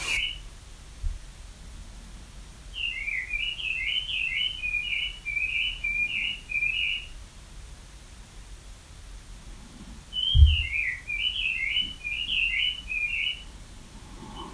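Bird chirping in two bursts of quick, twittering notes, one lasting about four seconds and a second after a pause, over a low background rumble.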